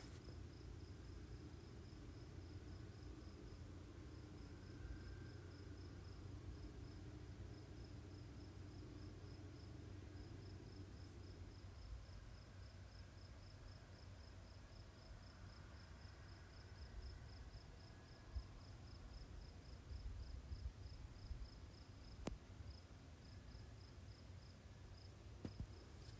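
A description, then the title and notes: Sounds from around a house: a steady, high cricket chirp pulses evenly through the whole stretch over a constant low rumble. A faint higher murmur comes and goes in the middle, and two sharp clicks land near 22 and 25 seconds. Sounds from around our house, mostly in the am.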